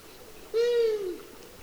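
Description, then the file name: Long-eared owl call: a single drawn-out, slightly falling moaning note with rich overtones, lasting about two-thirds of a second. "Hibou moyen duc"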